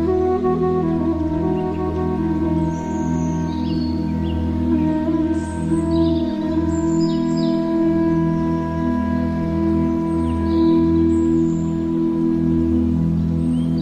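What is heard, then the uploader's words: Flute music with forest sounds: a low, sustained drone holds steady throughout, with long held tones layered above it. Brief bright bird chirps appear every few seconds high over the music, especially in the middle and near the end. Relaxing flute music with forest sounds.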